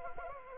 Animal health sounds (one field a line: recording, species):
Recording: mosquito wingbeat signal from an infrared sensor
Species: Anopheles arabiensis